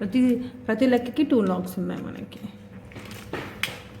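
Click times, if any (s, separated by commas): 3.6 s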